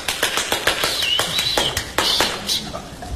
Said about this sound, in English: It's when the people clap their hands and make a lot of noise